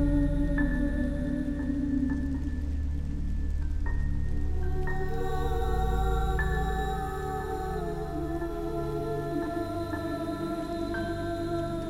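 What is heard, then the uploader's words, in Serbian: Rain falls steadily in a night forest, a dense, unbroken hiss over a heavy low rumble. Sustained ringing tones hang above it, with a fresh one striking every one to two seconds. Overall loudness eases slightly after about seven seconds. Киша ноћна шума.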